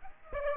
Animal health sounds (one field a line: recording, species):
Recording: mosquito wingbeat signal from an infrared sensor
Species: Aedes aegypti